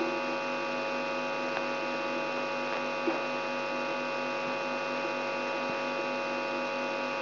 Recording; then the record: brain microelectrode recording played as sound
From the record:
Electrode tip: inside the subthalamic nucleus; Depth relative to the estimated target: 1 mm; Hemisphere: right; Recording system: AlphaMap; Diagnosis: Parkinson's disease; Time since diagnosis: 12 years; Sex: female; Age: 65 years